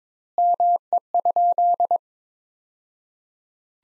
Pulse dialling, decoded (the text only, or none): none